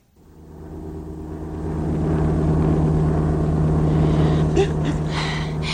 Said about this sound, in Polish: Zwróciłem tylko uwagę, że lecimy samolotem. No skoro lecimy, to jasne, że samolotem.